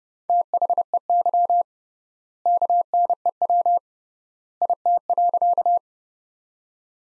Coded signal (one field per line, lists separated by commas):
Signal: Morse code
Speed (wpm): 30 wpm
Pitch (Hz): 700 Hz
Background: none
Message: THEY KNEW IT.